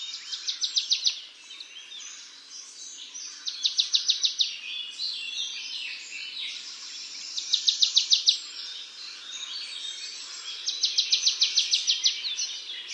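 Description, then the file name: Marsh tit calls: quick, dry, high-pitched rattles repeated about every three to four seconds, four in all, over busy background sound. "Poecile palustris"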